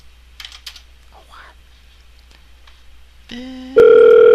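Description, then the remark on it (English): A few faint taps and clicks, then a telephone ringback tone on an outgoing call to a business comes in as a buzzy hum and quickly jumps to a loud, steady electronic tone that holds to the end. “Call a business.”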